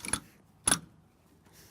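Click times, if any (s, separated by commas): 0.1 s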